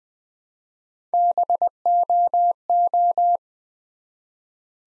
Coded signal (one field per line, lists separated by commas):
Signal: Morse code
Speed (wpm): 20 wpm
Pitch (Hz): 700 Hz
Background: none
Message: BOO